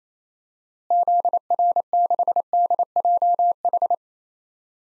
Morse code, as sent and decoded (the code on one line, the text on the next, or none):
--.. .-. -.... -.. .--- ....
ZR6DJH